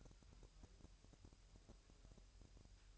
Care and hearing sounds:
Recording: daily activity, microphone in the room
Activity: take from stove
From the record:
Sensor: 2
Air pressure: 1001.8 hPa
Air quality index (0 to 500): 240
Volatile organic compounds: 31 ppm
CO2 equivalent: 2976 ppm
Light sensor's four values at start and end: 5/11/4/4 and 5/11/4/4

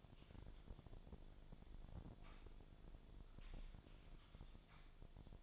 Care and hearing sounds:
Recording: daily activity, microphone in the room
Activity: typing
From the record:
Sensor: 5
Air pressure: 1009.6 hPa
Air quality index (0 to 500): 168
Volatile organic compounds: 4 ppm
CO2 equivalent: 1629 ppm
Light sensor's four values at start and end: 101/267/109/116 and 101/267/109/115

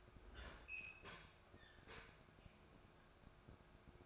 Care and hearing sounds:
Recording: daily activity, microphone in the room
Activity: open fridge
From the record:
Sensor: 2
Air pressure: 1004.5 hPa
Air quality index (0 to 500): 185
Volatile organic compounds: 10 ppm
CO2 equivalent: 2216 ppm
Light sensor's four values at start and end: 4/10/4/4 and 4/11/4/4

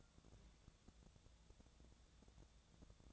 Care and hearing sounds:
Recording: daily activity, microphone in the room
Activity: take from stove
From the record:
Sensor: 3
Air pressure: 999.9 hPa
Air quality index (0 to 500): 126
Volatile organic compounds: 2 ppm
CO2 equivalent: 1128 ppm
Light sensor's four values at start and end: 44/110/47/52 and 44/110/47/52

